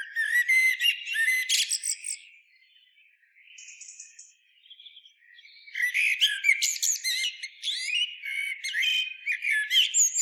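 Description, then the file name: Eurasian blackbird song: a warbled phrase with a high twittered ending, a soft pause, then a longer run of fluty and squeaky notes. "Turdus merula"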